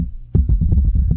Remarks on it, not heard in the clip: I'm tapping my bladder, which is how I trigger my bladder to pee because I don't have full function below my waist. I basically take a fist and punch my bladder in its face.